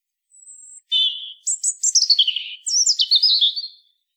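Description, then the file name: European robin song: a thin high whistle, then a rich, rippling warble tumbling down in pitch with a final sweet trilled flourish, on a silent background. "Erithacus rubecula"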